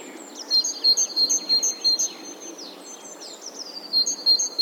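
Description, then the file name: Great tit song: a series of sharp alternating high-low notes, then a pause with fainter thin downslurred calls, and the phrase resuming at the end. "Parus major"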